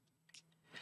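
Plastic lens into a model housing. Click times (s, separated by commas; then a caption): 0.3 s, 0.4 s. A plastic lens is pressed into its housing on a Hachette 1:2 scale Terminator model base, issue 109, with close listening because the previous lens did not clearly click. Two short, sharp clicks sound at 0.3 s and 0.4 s over a faint low hum, followed by a louder broadband rustle near the end. The lens seats, sitting at the same depth as the first one.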